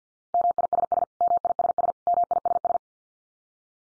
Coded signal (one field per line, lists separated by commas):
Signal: Morse code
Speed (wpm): 50 wpm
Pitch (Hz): 700 Hz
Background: none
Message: MISS MISS MISS